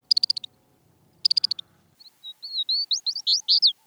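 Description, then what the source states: Smith's longspur singing: two quick, high tinkling bursts of notes, then a run of sweet, slurred warbled phrases rising and falling. Tundra-nesting species.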